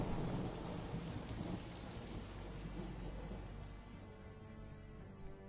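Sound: thunder and heavy rain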